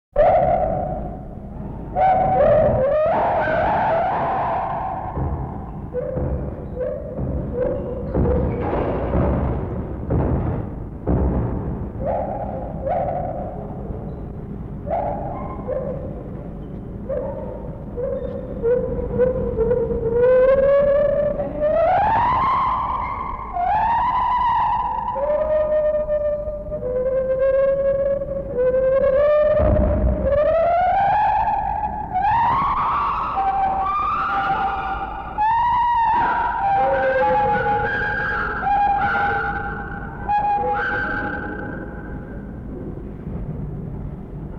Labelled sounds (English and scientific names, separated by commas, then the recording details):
Lar Gibbon (Hylobates lar)
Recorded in captivity
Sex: pair
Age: adult
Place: Zoo Berlin, Berlin, DE
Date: 1961-01-07 14:00
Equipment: Minifon, Kopie Smaragd
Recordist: Tembrock, Günter